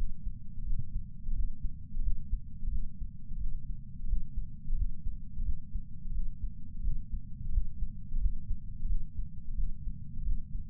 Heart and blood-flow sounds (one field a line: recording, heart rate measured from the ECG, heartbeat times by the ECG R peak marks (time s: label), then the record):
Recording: heart sounds by patch sensor on the chest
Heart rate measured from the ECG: 88 bpm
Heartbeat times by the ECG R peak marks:
0.64 s: heartbeat
1.33 s: heartbeat
2.01 s: heartbeat
2.69 s: heartbeat
3.38 s: heartbeat
4.06 s: heartbeat
4.75 s: heartbeat
5.43 s: heartbeat
6.12 s: heartbeat
6.81 s: heartbeat
7.50 s: heartbeat
8.18 s: heartbeat
8.87 s: heartbeat
9.55 s: heartbeat
10.23 s: heartbeat
From the record:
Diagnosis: coronary artery disease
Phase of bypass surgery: postoperative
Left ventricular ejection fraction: 48.9%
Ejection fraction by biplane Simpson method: 50.6%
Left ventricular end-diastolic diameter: 48 mm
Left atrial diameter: 31 mm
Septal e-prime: 7.6 cm/s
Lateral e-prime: 9.6 cm/s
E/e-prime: 6.6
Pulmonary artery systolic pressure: 23 mmHg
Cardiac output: 5.5 L/min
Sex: male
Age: 60 years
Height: 174 cm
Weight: 72 kg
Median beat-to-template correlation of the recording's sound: 0.83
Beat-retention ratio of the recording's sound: 0.99